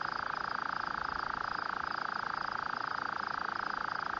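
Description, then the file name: Rufous-cheeked nightjar giving a continuous rapid churr, an even engine-like trill that never pauses. Call, recorded on a guest farm near Vredefort. "Caprimulgus rufigena, roep van grondpad, Bellary-gasteplaas, Vredefort"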